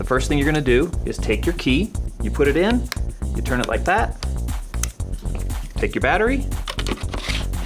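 Someone talks over background music while a key is put into the battery door of a Sphero RVR programmable robot and turned, and the rechargeable battery pack is taken up to be pushed into the robot's plastic battery bay. Short handling taps are heard between about 4.4 and 7.1 seconds. Nothing has seated or clicked yet.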